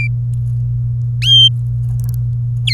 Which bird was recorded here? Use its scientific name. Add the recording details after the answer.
Serinus canaria. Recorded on 24 April 2018 at 08:08. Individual llb3